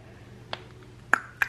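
A torque wrench tightens the screened oil drain plug on a KTM 390 Adventure motorcycle engine to 15 Nm during an oil change. Over a low steady hum, a faint tick comes at 0.5 s, then the wrench gives a sharp metallic click at 1.1 s, followed by a second bright tick at 1.4 s. The wrench clicks at its setting, confirming the plug is torqued to spec.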